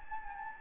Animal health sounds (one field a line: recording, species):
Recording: mosquito wingbeat signal from an infrared sensor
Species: Anopheles gambiae